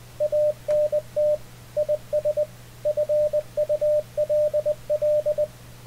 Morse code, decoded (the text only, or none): ANT IS FULL